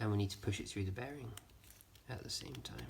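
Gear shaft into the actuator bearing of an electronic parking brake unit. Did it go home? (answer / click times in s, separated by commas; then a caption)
no / none. A gear shaft is handled at the bearing of a Land Rover Discovery 3 electronic parking brake actuator as its teeth are lined up with the cog, while someone talks. Only faint handling sounds come through between the speech, and the shaft has not clicked into the bearing yet.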